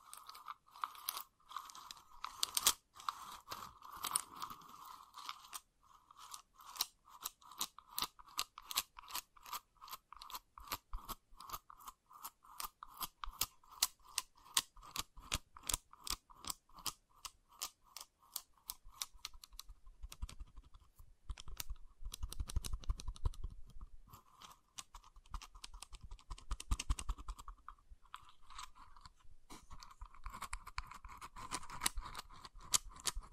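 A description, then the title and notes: Wood triggers: quick dry taps and clicks on wood, coming in a dense, fairly regular run from about six to twenty seconds, then sparser and irregular. A bright ringing tone sits under much of it, and low rumbling scrapes appear around twenty-two and twenty-seven seconds. ASMR Calming Wood Triggers for Sleep (No Talking).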